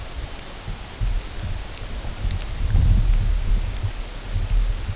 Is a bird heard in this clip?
no